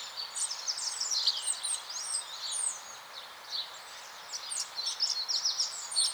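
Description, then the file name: Common chaffinch: bursts of high, sharp notes coming in irregular clusters throughout, over a faint steady hiss. "Fringilla coelebs"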